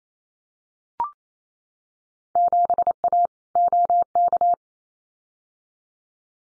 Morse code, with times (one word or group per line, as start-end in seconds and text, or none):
2.4-3.3 7A
3.6-4.5 OK